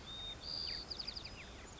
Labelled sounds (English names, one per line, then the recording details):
White-crowned Sparrow
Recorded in Sonoma County, California